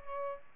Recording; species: mosquito wingbeat signal from an infrared sensor; Aedes albopictus